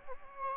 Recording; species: mosquito wingbeat signal from an infrared sensor; Anopheles gambiae